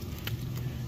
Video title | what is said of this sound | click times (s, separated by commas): Ford Key Fob Not Working Batteries Replacement Fix Repair | and then snap | 0.3 s